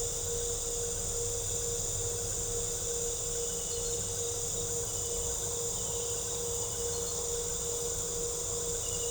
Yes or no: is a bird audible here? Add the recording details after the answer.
no. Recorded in pastures near Puerto Asís, Putumayo, Colombia, on 26 December 2024 at 18:30. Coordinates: 0.497, -76.327. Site G088